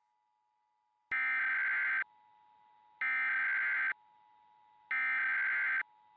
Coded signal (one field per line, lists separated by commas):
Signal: Emergency Alert System (SAME) tones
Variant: header bursts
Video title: FEMA's Nationwide EAS Test (weird sounds)